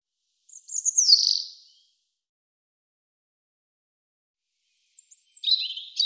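European robin song, a sweet descending cascade of high twittering notes, then quiet before a fresh phrase starts with thin sliding whistles and a buzzy trill at the end.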